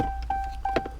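The main electrical harness connector is handled and pushed toward the underside of the shifter PRDNL bezel assembly on a 2015-2018 Jeep Cherokee, with short repeating tone pulses at about 0.3, 0.65 and 1.0 s, a brief louder handling knock near 0.8 s, and a steady low hum throughout. The connector has not seated or clicked yet.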